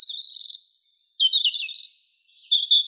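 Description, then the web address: European robin singing thin, high warbling phrases separated by short pauses, with a long high thin note near the end. "Erithacus rubecula"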